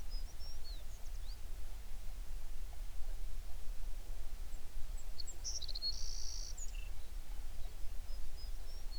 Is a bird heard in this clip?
yes